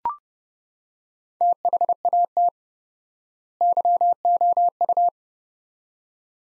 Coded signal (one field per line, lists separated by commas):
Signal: Morse code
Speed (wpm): 32 wpm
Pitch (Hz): 700 Hz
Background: none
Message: THAT YOU